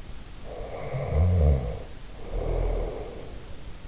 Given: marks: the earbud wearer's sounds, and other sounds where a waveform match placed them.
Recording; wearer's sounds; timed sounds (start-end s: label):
sounds in sleep by an in-ear microphone; snoring breath
0.48-3.45 s: snoring breath